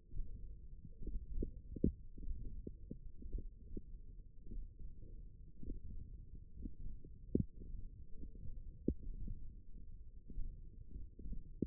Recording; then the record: forearm muscle sounds (acoustic myography)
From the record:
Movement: hand closing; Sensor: system 1, eight BSWA MPA416 microphones around the upper forearm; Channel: 4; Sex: male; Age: 23 years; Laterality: right